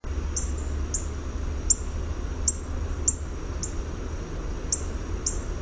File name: NOCA chip